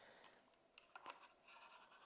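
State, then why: Seated. A camera's quick-release base plate is pushed and slid into a Zhiyun Weebill S gimbal's release-lock mount. A soft scraping slide is heard, and a sharp click at 0.8 s marks the plate locking into place, followed by two smaller clicks near 1.0 and 1.1 s.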